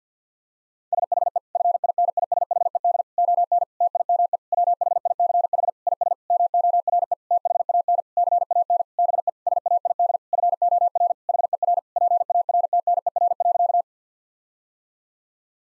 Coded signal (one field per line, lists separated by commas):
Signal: Morse code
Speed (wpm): 50 wpm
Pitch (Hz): 700 Hz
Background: none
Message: SHE FINISHED ON TIME WHICH IS MORE THAN CAN BE SAID FOR HER PARTNER.